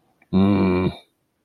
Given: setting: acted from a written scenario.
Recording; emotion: vocal sound without words; anger